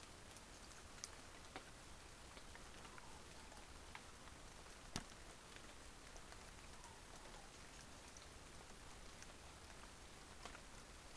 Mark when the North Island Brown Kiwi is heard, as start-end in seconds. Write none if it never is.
none